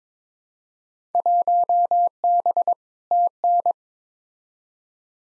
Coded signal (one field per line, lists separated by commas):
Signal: Morse code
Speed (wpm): 22 wpm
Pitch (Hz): 700 Hz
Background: none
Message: 1B TN